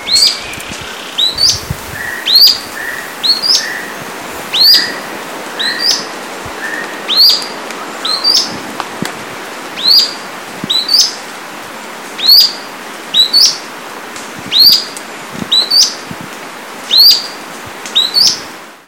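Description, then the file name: Grey-bellied Spinetail giving a long series of high, sharp downslurred notes, singly or paired; softer, lower notes also sound during the opening seconds. Brazil; dated 4-5-13. "Synallaxis-cinerascens-NCunha PESM. ASilveira"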